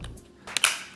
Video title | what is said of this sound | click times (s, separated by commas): 3rd Gen Lexus GS Rear Center (3rd) Brake Light | oh i heard the snap okay yeah | 0.6 s